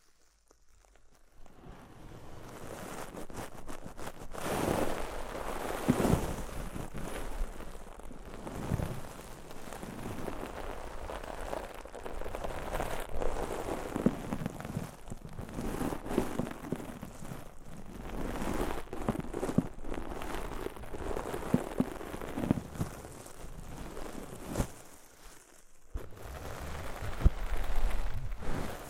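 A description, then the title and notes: Deep ear cleaning sounds: a dense, crackling scratch and rustle that sounds almost like rain pattering on a surface. The rubbing swells and fades in irregular strokes after a quiet start, drops out briefly near 25 seconds, then returns louder at the end. ASMR INTENSE Deep Ear Cleaning (No Talking).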